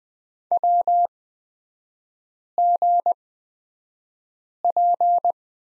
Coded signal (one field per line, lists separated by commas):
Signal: Morse code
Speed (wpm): 20 wpm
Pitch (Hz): 700 Hz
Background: none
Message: WGP